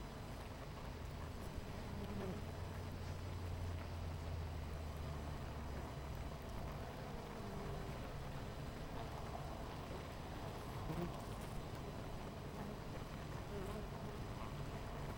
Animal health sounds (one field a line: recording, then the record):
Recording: honeybee colony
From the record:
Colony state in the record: missing queen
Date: 14 July 2017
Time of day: 10:28